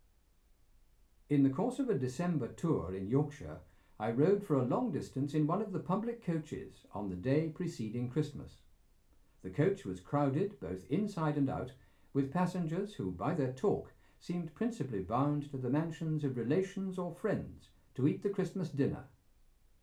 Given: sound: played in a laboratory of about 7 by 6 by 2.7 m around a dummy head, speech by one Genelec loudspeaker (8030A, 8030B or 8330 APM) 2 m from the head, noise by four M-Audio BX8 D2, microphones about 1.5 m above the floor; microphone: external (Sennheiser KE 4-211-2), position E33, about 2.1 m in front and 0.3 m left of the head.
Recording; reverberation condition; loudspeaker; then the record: male speech in English; low; 30 degrees to the left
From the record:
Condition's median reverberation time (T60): about 310 ms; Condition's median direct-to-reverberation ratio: about 3.5 dB